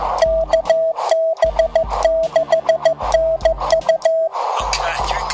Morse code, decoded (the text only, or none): KB6NU